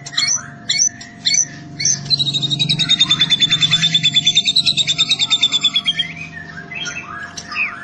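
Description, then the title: White-rumped shama song: short chip notes, then a long, fast, even trill of high repeated notes over a steady low hum. Training recording (masteran) for caged birds. "MASTERAN MURAI BATU LABAIK"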